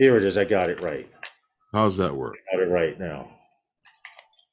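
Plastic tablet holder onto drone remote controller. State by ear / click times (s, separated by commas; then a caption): seated / 4.0 s. A plastic tablet holder is pushed onto a drone remote controller while someone talks. After the talking stops, a few small clicks follow, with a sharp snap at 4.1 s as the holder hooks in and seats in place.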